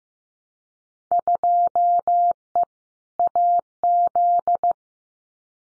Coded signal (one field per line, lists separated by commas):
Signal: Morse code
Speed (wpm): 15 wpm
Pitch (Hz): 700 Hz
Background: none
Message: 2E AZ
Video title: Field Day Exchange Encore 15wpm